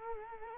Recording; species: mosquito wingbeat signal from an infrared sensor; Culex quinquefasciatus